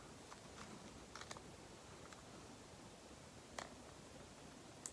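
A new 256GB microSD card is handled at the card slot under the kickstand of a handheld game console, with faint rustling and small sharp ticks around 1.2, 1.3, 3.6 and 4.9 seconds. The card has not yet seated or clicked into the slot.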